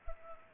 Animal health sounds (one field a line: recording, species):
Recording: mosquito wingbeat signal from an infrared sensor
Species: Culex pipiens